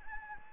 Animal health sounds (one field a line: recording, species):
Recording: mosquito wingbeat signal from an infrared sensor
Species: Anopheles gambiae